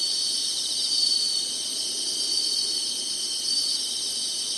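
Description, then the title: Insects keep up a high-pitched pulsing drone, with a few slightly louder chirps standing out against the steady chorus. Summer insect chorus. "SINGING INSECTS SUMMER"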